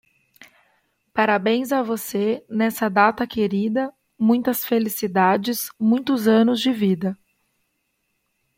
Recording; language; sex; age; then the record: short text; Brazilian Portuguese; female; 30 to 39 years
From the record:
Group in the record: control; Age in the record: 31 years